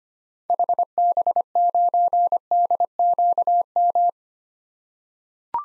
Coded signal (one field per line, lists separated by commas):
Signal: Morse code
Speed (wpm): 25 wpm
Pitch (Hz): 700 Hz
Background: none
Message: HB9DQM